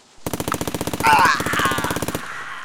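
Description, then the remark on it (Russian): A rapid burst of 25 automatic gunshots, about two seconds of evenly spaced, sharp cracks fired in quick succession, loud and echoing through an autumn forest, with a brief high whine rising through the middle of the volley. “Короткая очередь из 25 выстрелов эхом разнеслась по осеннему лесу.”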